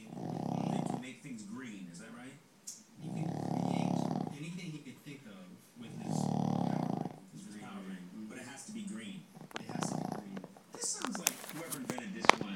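Loud, rough, growling snores of about one second each recur roughly every three seconds, about 20 breaths a minute, with quieter breathing noise in between. This is a sleeping dog snoring.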